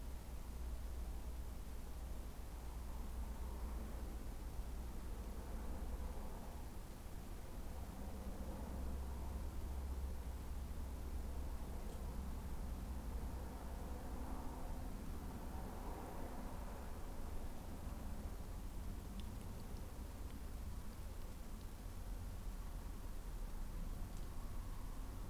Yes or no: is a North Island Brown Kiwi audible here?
no